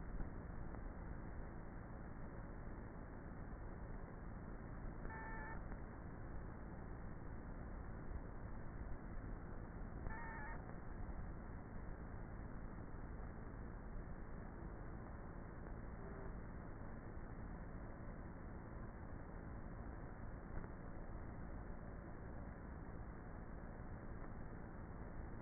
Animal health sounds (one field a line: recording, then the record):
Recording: honeybee colony, microphone inside the hive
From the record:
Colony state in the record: queenless with a low population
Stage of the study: before two queens were removed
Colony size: about 30,000 bees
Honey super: no